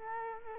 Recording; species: mosquito wingbeat signal from an infrared sensor; Culex quinquefasciatus